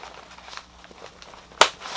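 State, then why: Seated. The second plastic clip on a removable panel of a Triple Aught Design Parallax Messenger Bag is slid through its hypalon loop and pushed home, with faint handling rustles before it. One sharp, loud click at 1.6 s shows the clip seated and locked into place, followed by a rising hiss of noise to the end.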